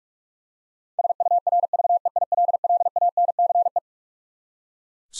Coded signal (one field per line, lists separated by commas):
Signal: Morse code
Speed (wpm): 41 wpm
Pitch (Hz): 700 Hz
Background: none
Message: SURVEILLANCE